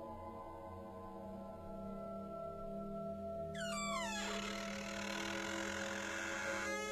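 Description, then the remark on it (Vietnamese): An old room door, long unused and worn by chemical vapours, is unlocked with a key and pushed open: after a steady low hum, a drawn-out, grinding creak slides downward in pitch, then gives way to a rough, rattling scrape that lasts to the end, with no voices. “Nó rít lên những tiếng cót cà cót két.”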